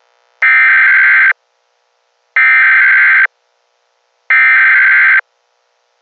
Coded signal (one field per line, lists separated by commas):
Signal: Emergency Alert System (SAME) tones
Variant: header bursts